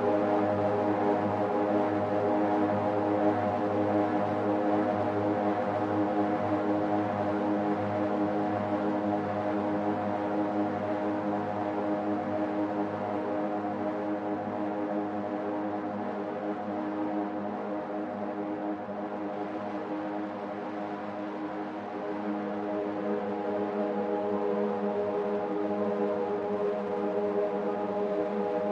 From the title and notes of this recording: Texturas sonoras a partir de una matriz de efectos y un resonador. Sound textures from an effects matrix and a resonator.